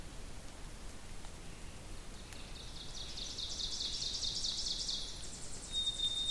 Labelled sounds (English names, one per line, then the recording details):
Ovenbird song
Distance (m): 50 m
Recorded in boreal forest in Alberta, Canada, on 2 June 2016 at 06:27
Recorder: SongMeter 3, array SBT-3-7
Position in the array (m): 197 m, 96 m
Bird 6